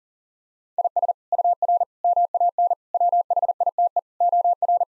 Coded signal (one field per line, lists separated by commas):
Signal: Morse code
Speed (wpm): 40 wpm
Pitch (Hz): 700 Hz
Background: none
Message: IS UR MAN WHITE OR